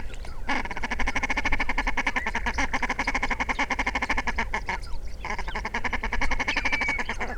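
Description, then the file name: Common shelduck calls: a dense run of rapid, nasal, harmonic notes, broken by a short pause near five seconds. "Volpoca"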